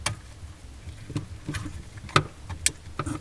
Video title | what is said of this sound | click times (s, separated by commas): Sub-Zero 700TCI-2 Evaporator Fan Motor Replace | a little click there that clicks into place and you | 2.7 s